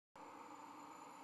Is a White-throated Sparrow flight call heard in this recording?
no